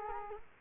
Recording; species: mosquito wingbeat signal from an infrared sensor; Culex quinquefasciatus